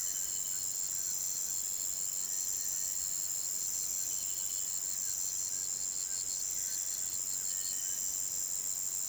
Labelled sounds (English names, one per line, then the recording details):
none
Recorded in pastures near Puerto Asís, Putumayo, Colombia, on 29 June 2025 at 18:00
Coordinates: 0.486, -76.323
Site H29